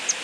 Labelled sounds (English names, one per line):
Palm Warbler flight call